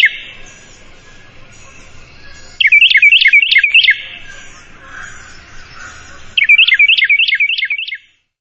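Wren song: two short, loud bursts of quick, sharp, high notes about four seconds apart, with a quiet stretch in between.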